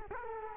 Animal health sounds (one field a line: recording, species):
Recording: mosquito wingbeat signal from an infrared sensor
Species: Culex quinquefasciatus